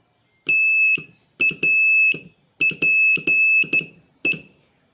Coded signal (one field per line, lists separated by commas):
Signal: Morse code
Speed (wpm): 12 wpm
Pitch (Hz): 2600 Hz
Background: none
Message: TAPE